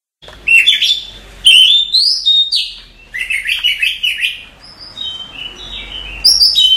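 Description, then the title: Oriental magpie-robin song, a rich run of varied whistled notes and buzzy chirps, sliding up and down in quick bursts with brief pauses. "Suara Kacer"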